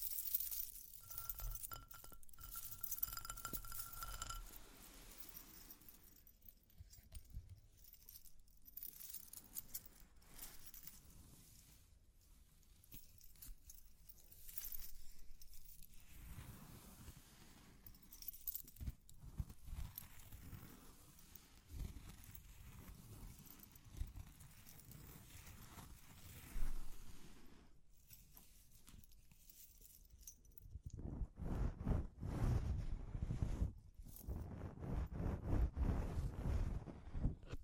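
Close scratching and tapping sounds, like ear cleaning, with small bright jingling and clinking bits scattered through. The textures come in uneven bursts of rubbing and tapping, with a brief steady tone near the start and heavier, denser scratching in the last several seconds.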